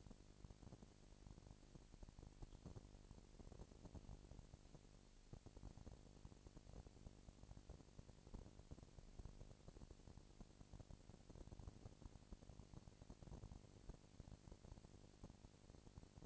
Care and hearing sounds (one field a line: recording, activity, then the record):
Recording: daily activity, microphone in the room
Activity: no activity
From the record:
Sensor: 5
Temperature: 19.8 degrees Celsius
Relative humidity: 36.7%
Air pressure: 997.2 hPa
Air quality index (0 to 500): 169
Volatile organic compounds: 14 ppm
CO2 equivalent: 2440 ppm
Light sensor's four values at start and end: 2/3/1/1 and 2/3/1/1